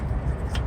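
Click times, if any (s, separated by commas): 0.6 s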